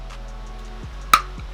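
A screwdriver is worked under the other side of the plastic cover of a wall-mounted noise sensor. At 1.1 s the cover snaps free with a single sharp pop over a low steady hum, and the cover is released.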